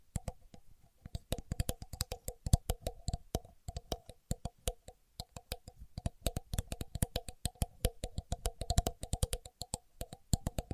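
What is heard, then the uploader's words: A contour gauge is worked with no talking, giving a rapid, uneven stream of sharp clicks and light clattering taps, several per second throughout. Each tick has a hollow, pinging ring and a dull low thump, with brief pauses near the start and around four seconds. Using A Contour Gauge (No Talking).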